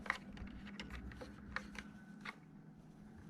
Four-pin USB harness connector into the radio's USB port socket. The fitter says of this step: and it should click in